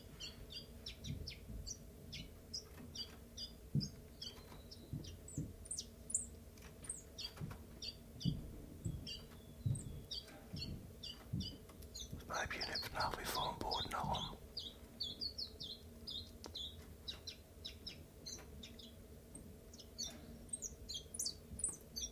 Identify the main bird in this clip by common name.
Common Chiffchaff